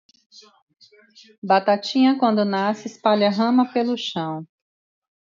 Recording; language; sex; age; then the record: short text; Brazilian Portuguese; female; 40 to 49 years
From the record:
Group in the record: control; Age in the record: 48 years